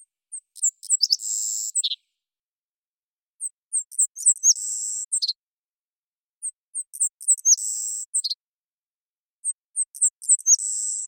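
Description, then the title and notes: Savannah sparrow giving four repeated songs. Each has soft, very high chips and a dry insect-like buzz, the first three ending in a lower closing note, with short silent gaps between songs. Collected song variants; Washington, Pacific Northwest, United States. "Savannah Sparrow Passerculus sandwichensis, collected song variants. Pacific Northwest, Washington, United States"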